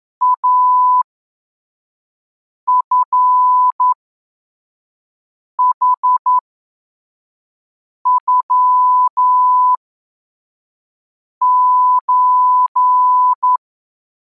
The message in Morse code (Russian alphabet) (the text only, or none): АФХЮЧ